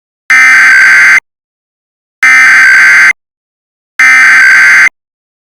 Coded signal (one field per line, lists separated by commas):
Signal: Emergency Alert System (SAME) tones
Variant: header bursts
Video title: EAS Scenario | Tsunami